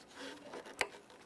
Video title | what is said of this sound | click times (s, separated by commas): How to Replace Rear Tail Light Assemblies 2011-2021 Jeep Grand Cherokee | I heard an audible click we'll lock it down double check make sure it's secure as we move along to the next one | 0.8 s